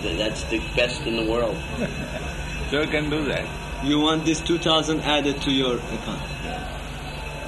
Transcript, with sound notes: That's the best in the world.
[laughs] So you can do that.
You want this two thousand added to your account.
Yes.